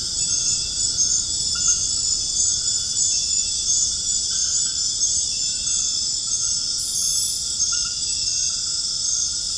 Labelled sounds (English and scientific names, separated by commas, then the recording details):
none
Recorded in dense forest near Puerto Asís, Putumayo, Colombia, on 25 June 2025 at 21:00
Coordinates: 0.481, -76.323
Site G072